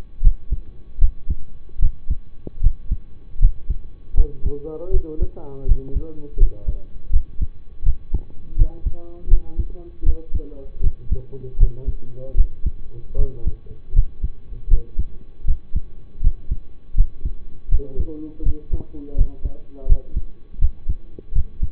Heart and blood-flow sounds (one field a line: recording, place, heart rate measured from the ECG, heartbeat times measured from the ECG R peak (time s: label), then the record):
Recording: heart sounds by stethoscope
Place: between the tricuspid and mitral areas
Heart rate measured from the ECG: 80 bpm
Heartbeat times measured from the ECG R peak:
0.21 s: heartbeat
0.99 s: heartbeat
1.79 s: heartbeat
2.61 s: heartbeat
3.39 s: heartbeat
4.14 s: heartbeat
4.91 s: heartbeat
5.65 s: heartbeat
6.37 s: heartbeat
7.10 s: heartbeat
7.83 s: heartbeat
8.56 s: heartbeat
9.28 s: heartbeat
10.03 s: heartbeat
10.81 s: heartbeat
11.57 s: heartbeat
12.35 s: heartbeat
13.16 s: heartbeat
13.93 s: heartbeat
14.68 s: heartbeat
15.45 s: heartbeat
16.21 s: heartbeat
16.95 s: heartbeat
17.69 s: heartbeat
18.43 s: heartbeat
19.15 s: heartbeat
19.86 s: heartbeat
20.59 s: heartbeat
21.32 s: heartbeat
From the record:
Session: rest, lying down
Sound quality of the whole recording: partially saturated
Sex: male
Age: 25 years